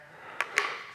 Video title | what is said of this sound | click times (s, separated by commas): The Best Hair Dryer - A Professional Stylist Review if the Parlux Alyon | this piece right here pops right in there | 0.4 s, 0.6 s